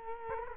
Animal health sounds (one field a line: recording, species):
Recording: mosquito wingbeat signal from an infrared sensor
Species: Culex quinquefasciatus